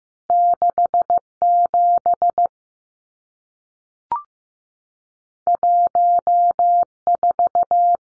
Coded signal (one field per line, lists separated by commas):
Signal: Morse code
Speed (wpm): 15 wpm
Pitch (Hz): 700 Hz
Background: none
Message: 67 14